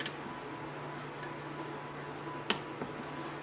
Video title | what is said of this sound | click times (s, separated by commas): E46 Double Vanos Seals DIY and Impressions | click click we go okay | 2.5 s